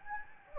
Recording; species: mosquito wingbeat signal from an infrared sensor; Anopheles gambiae